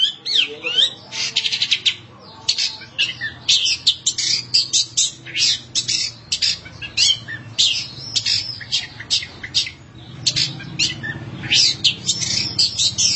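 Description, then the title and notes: Long-tailed Shrike song: a long, energetic run of scratchy, chattering notes and buzzy bursts, varied and nearly continuous, with a steady low hum behind. Recorded March 2017. "Pentet 201703. Suara burung pentet"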